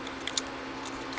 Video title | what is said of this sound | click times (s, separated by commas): Universe Galvatron | go we'll go ahead and pop these legs back in like that | 0.3 s, 0.4 s